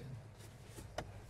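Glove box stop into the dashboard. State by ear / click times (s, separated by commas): seated / 1.0 s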